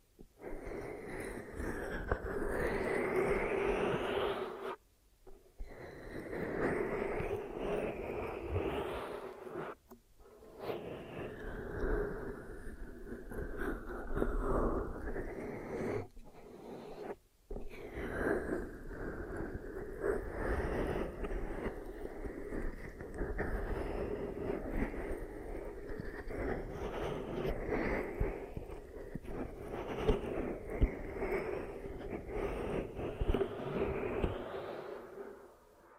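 Ear massage and cleaning: a dense, muffled rubbing that churns on with a low rumble and a steady hum underneath. Short breaks of near silence cut in around 5, 10 and 17 seconds before the rubbing resumes, fading out at the end.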